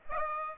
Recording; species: mosquito wingbeat signal from an infrared sensor; Aedes aegypti